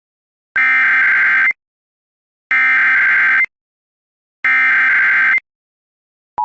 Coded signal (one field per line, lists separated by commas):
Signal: Emergency Alert System (SAME) tones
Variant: header bursts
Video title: All NWS, required tests, and Amber Alerts (EAS #134 - EAS #148)